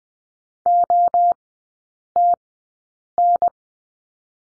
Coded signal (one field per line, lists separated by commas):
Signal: Morse code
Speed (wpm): 20 wpm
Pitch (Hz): 700 Hz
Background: none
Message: OTN